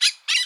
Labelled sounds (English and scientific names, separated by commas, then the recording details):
Brown-throated Parakeet (Eupsittula pertinax) contact call
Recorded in Bonaire
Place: 1 km E of roosting area just N of Seru Largu
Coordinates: 12.199, -68.268